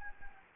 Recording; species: mosquito wingbeat signal from an infrared sensor; Anopheles gambiae